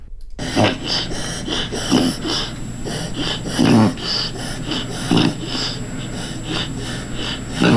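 A dog reverse sneezing: repeated snorting breaths drawn in through the nose with the mouth closed, rather than sneezing out. The most common cause is irritation of the soft palate in the throat.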